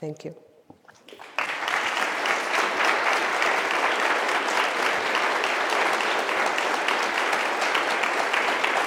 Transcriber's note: applause